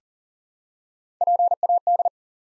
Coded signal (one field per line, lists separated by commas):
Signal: Morse code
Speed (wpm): 39 wpm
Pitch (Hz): 700 Hz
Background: none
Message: PAD